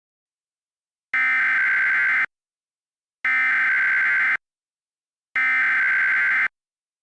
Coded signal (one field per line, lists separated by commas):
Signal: Emergency Alert System (SAME) tones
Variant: header bursts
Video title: EAS Mock Monday (Friday Edition) S1 Ep9: Moore